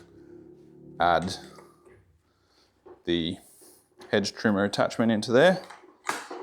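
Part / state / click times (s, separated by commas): hedge trimmer attachment into extension pole coupling / not seated / none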